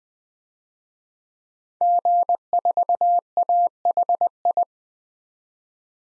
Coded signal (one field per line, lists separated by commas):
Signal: Morse code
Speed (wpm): 21 wpm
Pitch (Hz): 700 Hz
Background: none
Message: G4AHI